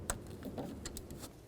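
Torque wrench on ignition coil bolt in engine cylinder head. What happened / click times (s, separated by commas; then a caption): The torque wrench clicked at its setting / 0.1 s. A torque wrench set to 53 inch-pounds tightens the ignition coil bolt in the engine cylinder head of a 2007-2017 Ford Expedition. A sharp click at 0.1 s marks the wrench reaching its setting, followed by several fainter ticks. The bolt is torqued to spec.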